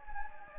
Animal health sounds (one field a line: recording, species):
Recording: mosquito wingbeat signal from an infrared sensor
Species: Anopheles gambiae